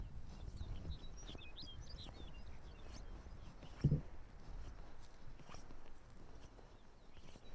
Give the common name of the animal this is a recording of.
Arctic Fox